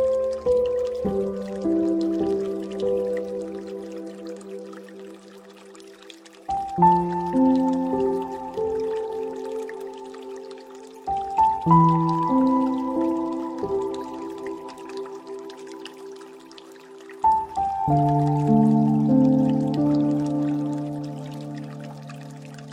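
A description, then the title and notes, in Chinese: Soft piano plays slow, gentle chords, with a new phrase arriving roughly every five or six seconds and each one ringing out and fading. Beneath it, running water trickles and drips steadily at low volume, a fine bright patter that continues throughout. 放松音乐 钢琴轻音乐 流水声。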